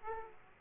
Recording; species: mosquito wingbeat signal from an infrared sensor; Aedes aegypti